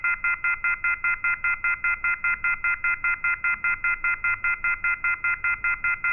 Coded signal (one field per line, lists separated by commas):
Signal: telephone call progress tone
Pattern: off-hook warning tone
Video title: The Touch (An EAS Scenario)